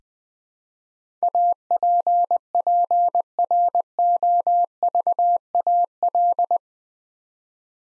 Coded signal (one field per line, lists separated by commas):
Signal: Morse code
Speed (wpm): 20 wpm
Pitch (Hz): 700 Hz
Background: none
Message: APPROVAL